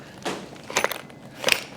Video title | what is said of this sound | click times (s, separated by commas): 2025 Atomic BC2 A Very TOUGH Full Featured BCD... | You hear it locking back back in place. | 0.8 s, 1.5 s